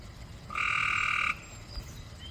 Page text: Maryland Biodiversity. Copes Gray Treefrog ( Hyla chrysoscelis )